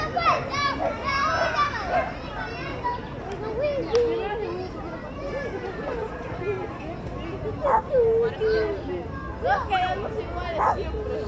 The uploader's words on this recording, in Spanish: Efecto de sonido- Niños riendo en la calle.